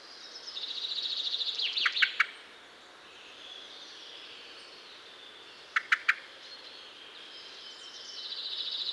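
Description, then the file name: Common blackbird calls: short, sharp clicking notes in two bursts of three, with another bird's high trilling before and after. "Turdus merula"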